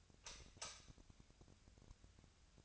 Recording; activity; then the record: daily activity, microphone in the room; light off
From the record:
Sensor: 2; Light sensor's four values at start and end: 33/86/36/39 and 28/69/30/33